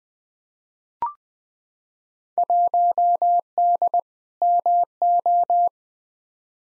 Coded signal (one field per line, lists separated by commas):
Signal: Morse code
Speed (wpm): 20 wpm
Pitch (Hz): 700 Hz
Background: none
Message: 1D MO